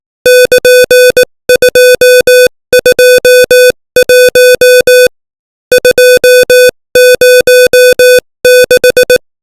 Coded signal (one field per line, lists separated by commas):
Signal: Morse code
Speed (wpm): 18 wpm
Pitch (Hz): 500 Hz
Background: music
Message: <KN>221 206